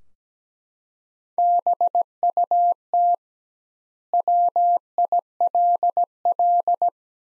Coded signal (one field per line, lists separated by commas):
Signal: Morse code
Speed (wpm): 17 wpm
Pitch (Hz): 700 Hz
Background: none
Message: BUT WILL